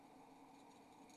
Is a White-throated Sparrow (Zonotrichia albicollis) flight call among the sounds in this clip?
no